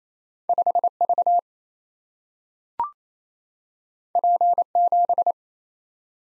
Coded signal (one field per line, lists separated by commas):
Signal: Morse code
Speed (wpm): 28 wpm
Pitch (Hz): 700 Hz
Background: none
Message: 5V P7